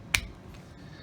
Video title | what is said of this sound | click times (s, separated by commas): MEGA Construx Hot Wheels Building Set | nice click out of that | 0.1 s